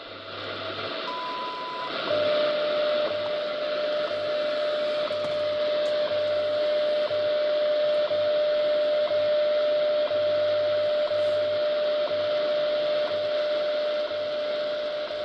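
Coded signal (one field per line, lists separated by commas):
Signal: radio time signal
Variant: WWV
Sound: steady 600 Hz tone broken by short ticks each second, low pulsing hum, static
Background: radio static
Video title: XHDATA D-109 on 25000 kHz Shortwave WWV Colorado and weird keypad bug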